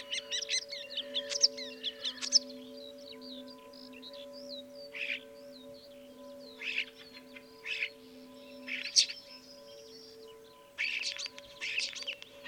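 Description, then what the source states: Common starling song mixing drawn-out wavering whistles with scratchy chatter bursts and pauses, over a constant low hum. Recorded at Dviete.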